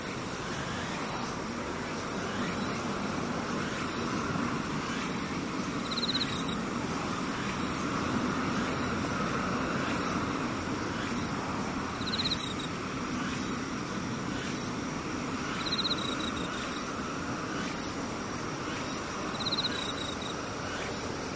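Insects call over a steady, dense low rumble much like road traffic. Short bright chirps stand out at about 6, 12, 16 and 19 seconds, and a faint, regular high ticking pulses through the whole recording without letting up.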